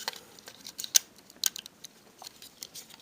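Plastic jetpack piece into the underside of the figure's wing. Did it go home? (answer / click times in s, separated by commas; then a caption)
yes / 1.0 s. A plastic jetpack piece from a custom transforming robot figure is clipped into place under the figure's wing. Light plastic taps and handling clicks lead up to a sharp plastic click at 1.0 s, followed by a few softer ticks. The jetpack piece seats under the wing.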